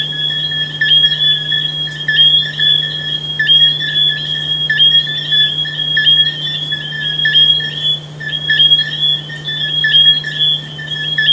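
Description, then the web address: High, ringing frog calls overlap steadily in chorus over a constant low hum. "humbot audio frogs"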